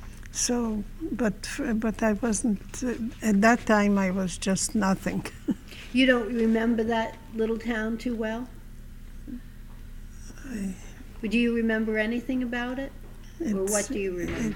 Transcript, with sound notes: So, but I wasn't, at that time I was just nothing. ( she laughs )
You don't remember that little town too well. Do you remember anything about it, or what do you remember?